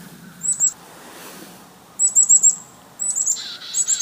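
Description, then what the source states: Chickadees calling in quick clusters of high, sharp notes, about three bursts, ending with a harsher buzzy call underneath. Chickadees mobbing.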